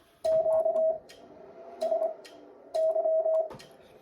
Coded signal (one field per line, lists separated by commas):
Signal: Morse code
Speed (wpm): 26 wpm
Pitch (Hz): 640 Hz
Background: none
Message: QSY